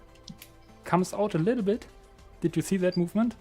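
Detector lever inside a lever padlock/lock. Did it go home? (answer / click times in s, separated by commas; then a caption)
yes / 0.3 s. A key is turned further toward closed in a lever lock, and the bolt moves out a little. A short metallic click at 0.3 s is the tripped detector lever inside the lock resetting, so the lock works again. Someone talks afterward.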